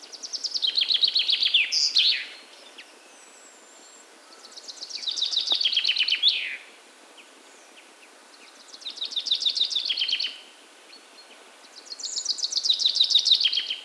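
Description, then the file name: Common chaffinch song: four bright phrases of rapid notes descending to a flourish, each about two seconds long and repeated about every four seconds, over faint background noise. "Fringilla coelebs"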